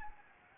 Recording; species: mosquito wingbeat signal from an infrared sensor; Anopheles arabiensis